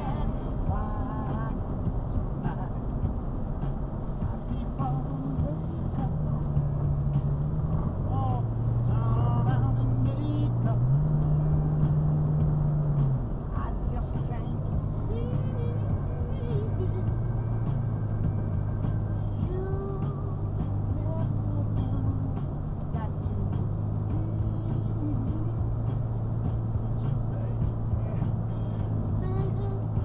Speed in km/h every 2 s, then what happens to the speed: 85, 82, 81, 81, 81, 81, 79, 76, 76, 74, 72, 72, 74, 77, 79.
0-21 slows to 72. 21-30 speeds up to 79.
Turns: none.